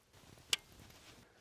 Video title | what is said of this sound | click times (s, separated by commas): 1.5 Subaru Impreza Alternator Replacement | Just press it in there until you hear the click. | 0.5 s